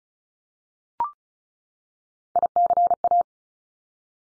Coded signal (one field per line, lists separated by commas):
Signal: Morse code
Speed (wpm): 36 wpm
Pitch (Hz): 700 Hz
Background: none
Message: ICA